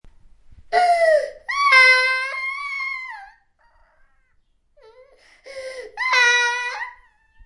Baby cry.